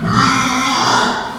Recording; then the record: squeal of a Yucatan mini pig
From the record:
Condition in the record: after surgery on the right vocal fold (resection and tissue-engineered implant); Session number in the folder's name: 15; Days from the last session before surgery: 175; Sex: female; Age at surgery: 19 weeks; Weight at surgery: 25 kg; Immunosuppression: prednisolone